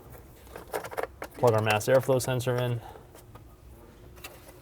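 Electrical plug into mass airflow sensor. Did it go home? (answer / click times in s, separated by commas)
no / none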